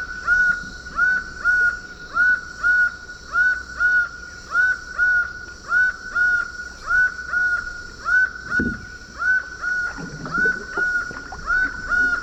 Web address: Natures Songs S America Birds of Ecuador Laughing Falcon